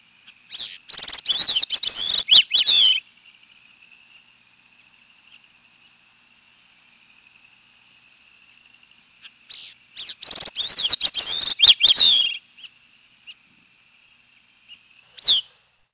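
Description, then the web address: Gray-cheeked thrush singing two fluty phrases of rapid overlapping notes several seconds apart, then one short single note. "Peterson North American Birds. gcth"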